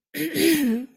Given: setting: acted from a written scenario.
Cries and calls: vocal sound without words; anger

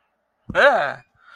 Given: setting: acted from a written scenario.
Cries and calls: vocal sound without words; negative surprise

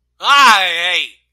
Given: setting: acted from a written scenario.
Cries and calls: vocal sound without words; fear

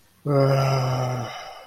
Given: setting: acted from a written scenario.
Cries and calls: vocal sound without words; embarrassment

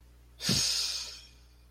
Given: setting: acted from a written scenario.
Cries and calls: vocal sound without words; ecstasy

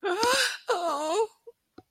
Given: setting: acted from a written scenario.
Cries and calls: vocal sound without words; sadness

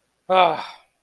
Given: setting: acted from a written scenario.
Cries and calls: vocal sound without words; disappointment

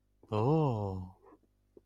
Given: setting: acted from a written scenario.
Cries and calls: vocal sound without words; awe

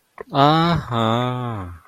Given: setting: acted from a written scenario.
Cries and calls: vocal sound without words; realization

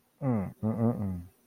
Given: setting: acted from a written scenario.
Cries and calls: vocal sound without words; contempt

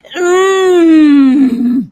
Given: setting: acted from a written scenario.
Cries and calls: vocal sound without words; pain

